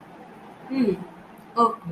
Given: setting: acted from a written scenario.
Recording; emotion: vocal sound without words; serenity